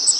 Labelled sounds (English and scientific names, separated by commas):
Cape May Warbler (Setophaga tigrina) flight call